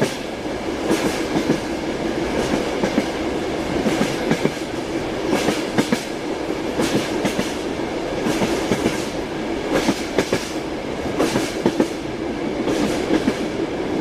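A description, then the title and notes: A train rolls along steadily, filling the space with a thick, even rush of noise and low rumble. Sharp clattering knocks from the wheels come in regular pairs about every second and a half, close and bright against the constant roar. Train Sounds Ambient White Noise Soundscape.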